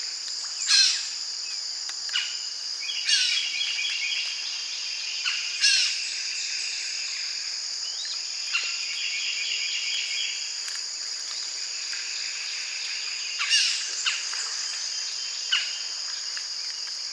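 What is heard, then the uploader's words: A sharp-shinned hawk gives rapid, repeated alarm calls, bright chattering runs that come in bursts through the middle of the clip. Short rough outbursts, likely black vultures flapping and squabbling, break in every few seconds over a constant high insect drone. Black vultures flapping and squabbling, with a sharp-shinned hawk alarming at my approach. Sharp - Shinned Hawk Alarming With Black Vultures.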